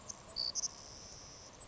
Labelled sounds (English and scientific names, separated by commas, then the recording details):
Savannah Sparrow (Passerculus sandwichensis)
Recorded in Sonoma County, California